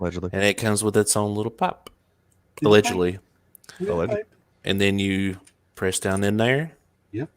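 A pod cartridge is being handled and pressed down toward its holder device, which has an o-ring to seal in the smell. Someone talks throughout the clip, with faint handling noises between phrases. Nothing has seated or clicked yet; the pod has not locked in place.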